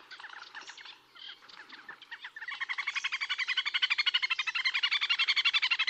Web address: chant xeno-canto grebe castagneux